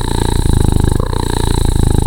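Cat purring, a continuous low rumbling vibration made of rapid regular pulses, steady throughout with no other clear sounds.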